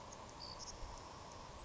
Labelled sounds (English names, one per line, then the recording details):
Savannah Sparrow
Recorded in Sonoma County, California